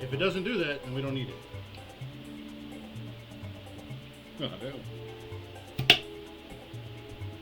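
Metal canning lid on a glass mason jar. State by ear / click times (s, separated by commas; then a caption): released / 5.9 s. Someone talks over background music while a tool is pushed up under the metal lid of a home-canned glass mason jar to break the vacuum seal. A sharp pop at 5.9 s marks the seal breaking as the lid pops free.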